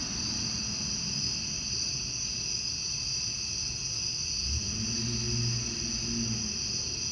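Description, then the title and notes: Cicadas keep up a high steady buzz while a car passes, its engine swelling as a low rising hum midway. Outdoor summer recording of cicadas with a car driving by. "Ext Cicadas, Car Driving By, Summer by Bandeto"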